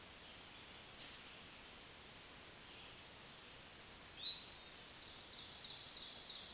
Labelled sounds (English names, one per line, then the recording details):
Black-throated Green Warbler song
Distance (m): 10 m
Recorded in a Pennsylvania forest on 1 June 2023 at 07:58
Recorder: AudioMoth, point grid3_24_high
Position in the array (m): 132 m, 266 m